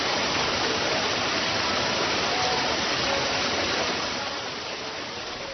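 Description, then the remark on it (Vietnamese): Machines at the Bang Su water pumping station, in the middle of a flooded neighbourhood, whir in a steady, dense rush with a water-like hiss, holding constant and loud before easing slightly toward the end. No one speaks. “Tiếng máy rè rè tại trạm bơm nước Bang Su nằm ngay giữa khu phố ngập lụt và ngôi chùa.”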